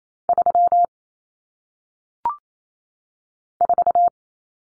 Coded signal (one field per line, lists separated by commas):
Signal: Morse code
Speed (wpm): 28 wpm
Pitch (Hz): 700 Hz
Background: none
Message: 3 4